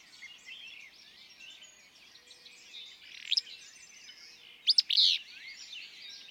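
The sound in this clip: Willow flycatcher gives a quick buzzy phrase, softer first, then a louder clipped note and rough burst; many small birds twitter throughout.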